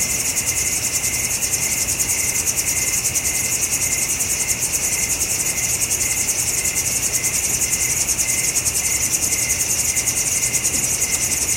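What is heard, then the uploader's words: Early morning outdoors, filled with a dense, steady chorus of crickets trilling high and fast without pause, with a faint low hum beneath. Starry Morning Yosemite | Foresta, CA, 5AM PT. An early morning in Yosemite National Park.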